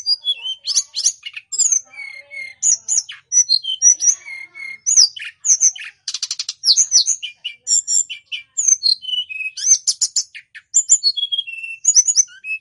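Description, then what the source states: Snowy-browed flycatcher song: rapid sequences of shrill whistles, downslurred notes and fast trills, delivered continuously. Master recording used for training cage birds.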